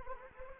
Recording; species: mosquito wingbeat signal from an infrared sensor; Anopheles arabiensis